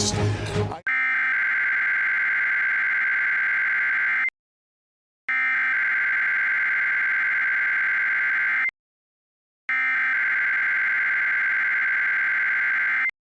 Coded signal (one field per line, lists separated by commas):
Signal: Emergency Alert System (SAME) tones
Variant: header bursts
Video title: Required WEEKLY TESTS - NO EAS